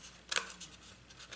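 A metal mounting plate that was snapped into the base of a Triton TSPSP650 portable oscillating spindle sander is worked free without prying too hard. Soft handling scrapes lead into a sharp, bright snap at 0.4 s as the plate lets go, followed by a few lighter taps and rattles. The plate is released and comes right out of the base.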